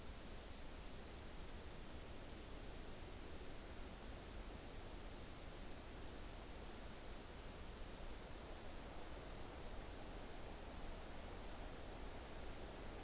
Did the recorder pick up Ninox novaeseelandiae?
no